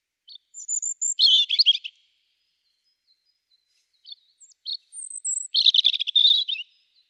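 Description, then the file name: European robin singing two short phrases, each with a high thin whistle leading into fast, jumbled twittering notes, with near silence between them. "Erithacus rubecula"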